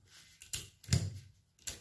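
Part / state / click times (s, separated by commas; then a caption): internal part in a paintball marker body / not seated / none. An internal part of an RTI Prophet II 5.5 mm paintball marker, reassembled after its one-way check valve was removed, is pushed into place inside the marker body. A few short, sharp handling knocks and taps ring out around 0.4, 0.5, 0.9 and 1.7 seconds. The part has not seated or locked into position yet.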